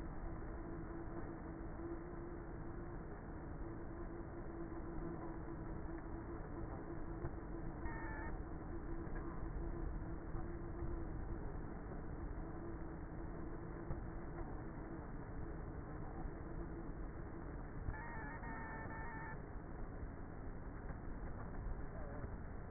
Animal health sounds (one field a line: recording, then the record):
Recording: honeybee colony, microphone inside the hive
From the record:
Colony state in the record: queenless with a low population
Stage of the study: before two queens were removed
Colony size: about 30,000 bees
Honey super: no